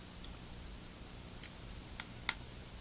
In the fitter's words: you just snap into place okay okay now